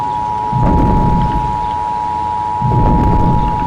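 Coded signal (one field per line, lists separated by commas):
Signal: Emergency Alert System (SAME) tones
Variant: 853 and 960 Hz attention tone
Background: music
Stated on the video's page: Simulated EAS scenario, not a real alert.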